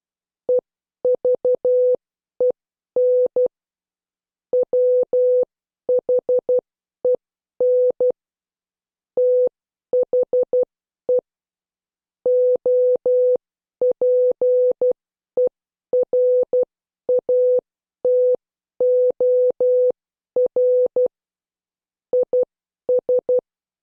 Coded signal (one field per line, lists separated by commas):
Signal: Morse code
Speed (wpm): 12 wpm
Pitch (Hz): 500 Hz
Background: none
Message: EVEN WHEN THE OPERATOR IS